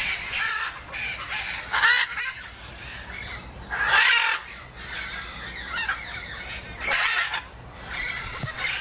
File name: zvuk popugaya ary kakie zvuki izdayot popugaj ara